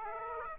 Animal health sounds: mosquito wingbeat signal from an infrared sensor; Aedes aegypti

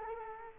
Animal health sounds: mosquito wingbeat signal from an infrared sensor; Culex quinquefasciatus

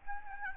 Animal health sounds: mosquito wingbeat signal from an infrared sensor; Aedes albopictus

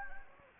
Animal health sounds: mosquito wingbeat signal from an infrared sensor; Anopheles gambiae

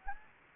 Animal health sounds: mosquito wingbeat signal from an infrared sensor; Anopheles gambiae

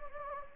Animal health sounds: mosquito wingbeat signal from an infrared sensor; Anopheles gambiae

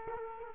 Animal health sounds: mosquito wingbeat signal from an infrared sensor; Culex quinquefasciatus

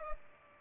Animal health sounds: mosquito wingbeat signal from an infrared sensor; Culex pipiens

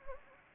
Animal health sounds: mosquito wingbeat signal from an infrared sensor; Anopheles gambiae

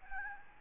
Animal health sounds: mosquito wingbeat signal from an infrared sensor; Aedes albopictus

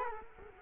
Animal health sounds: mosquito wingbeat signal from an infrared sensor; Culex quinquefasciatus

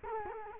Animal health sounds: mosquito wingbeat signal from an infrared sensor; Culex quinquefasciatus

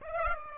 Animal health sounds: mosquito wingbeat signal from an infrared sensor; Aedes aegypti

